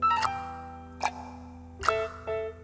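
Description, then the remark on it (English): A six-foot-tall grandfather clock standing at the end of a hall ticks slowly, with three or four sharp, bright clicks spaced under a second apart over a soft, steady tonal hum. “If you listen close to Grandfather Clock, you can hear him tick, you can hear him talk.”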